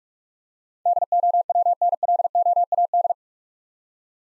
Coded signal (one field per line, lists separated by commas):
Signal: Morse code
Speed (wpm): 46 wpm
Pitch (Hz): 700 Hz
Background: none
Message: DOWNLOAD